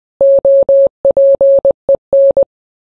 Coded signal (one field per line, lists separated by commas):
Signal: Morse code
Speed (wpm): 20 wpm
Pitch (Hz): 550 Hz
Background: none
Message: OPEN